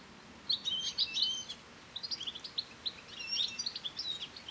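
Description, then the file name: European goldfinch twittering, clusters of fast liquid chirps and buzzy notes in two main bursts separated by a brief pause. "Carduelis carduelis"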